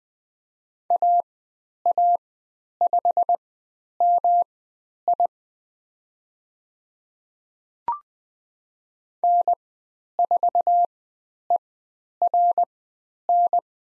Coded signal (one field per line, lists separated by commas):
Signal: Morse code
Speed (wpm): 20 wpm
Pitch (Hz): 700 Hz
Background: none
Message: AA5MI N4ERN